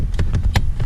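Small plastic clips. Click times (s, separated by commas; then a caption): 0.2 s, 0.6 s. Two door release cable ends are slid into their slots on the interior door handle of a 2006–2010 Hyundai Sonata. Amid a few quieter taps, sharp clicks at 0.2 s and 0.6 s mark each cable end locking into place, so both are seated.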